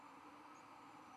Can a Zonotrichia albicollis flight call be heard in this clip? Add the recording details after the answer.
no. Another species' flight call is heard. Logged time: 23:11 on 11 November 2014